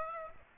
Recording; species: mosquito wingbeat signal from an infrared sensor; Aedes aegypti